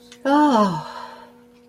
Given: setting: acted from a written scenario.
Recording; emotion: vocal sound without words; serenity